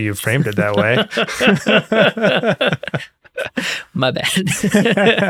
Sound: laughter